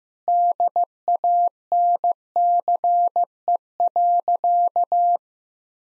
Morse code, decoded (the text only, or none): DANCE.